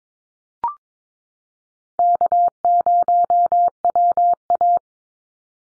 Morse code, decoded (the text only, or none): K0WA